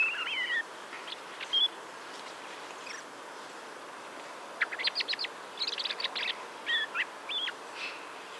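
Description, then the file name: Common blackbird song opening with a mellow warbled whistle, then a pause and several clusters of thin, scratchy high twitters. "Turdus merula"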